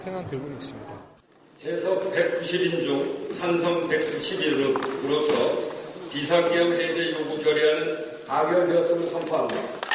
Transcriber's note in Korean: 녹취: 계엄해제 결의안 현장음